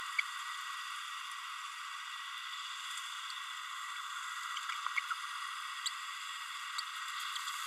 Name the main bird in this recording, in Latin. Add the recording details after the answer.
Forpus passerinus. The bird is a female. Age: 30 days. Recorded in a nest box in Venezuela. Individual 17B32A7